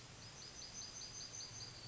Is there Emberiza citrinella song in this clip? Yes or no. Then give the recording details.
yes. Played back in forest. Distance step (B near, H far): F. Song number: 053